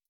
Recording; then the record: hydrophone in a shrimp aquaculture tank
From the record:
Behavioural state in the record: stressed